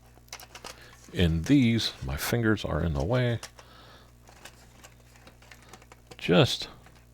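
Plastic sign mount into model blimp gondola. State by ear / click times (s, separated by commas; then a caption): not seated / none. A plastic sign mount is handled near its slot in the gondola of a Revell Goodyear Blimp model kit, with small plastic taps and ticks around 0.3–0.7 s and again from about 4.4 to 6.1 s while someone talks. Nothing has seated or locked in yet.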